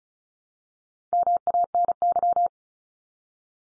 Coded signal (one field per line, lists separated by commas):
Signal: Morse code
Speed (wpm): 34 wpm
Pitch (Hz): 700 Hz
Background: none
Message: MANY